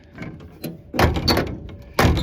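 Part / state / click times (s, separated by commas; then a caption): door latch on a vehicle door / not seated / none. A vehicle door latch on a Toyota FJ55 Land Cruiser is worked as the door is closed again. Several thunks and clunks are heard, the loudest near 1.3 s and 2.0 s. Nothing has latched, and the mechanism, thought to be frozen, is just not holding.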